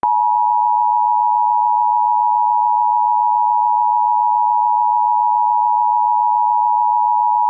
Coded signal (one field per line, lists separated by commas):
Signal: Emergency Alert System (SAME) tones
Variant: 853 and 960 Hz attention tone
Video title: EAS Reenactment Mock: Snow squall warning for Chicago area - 01/05/2022